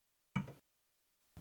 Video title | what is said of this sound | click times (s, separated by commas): pollilar 27.5in Cocktail Table Small High Top Table Bar Height Folding Table Folding Drink Table | pressing each of the buttons in so it slides down and locks into place | 0.4 s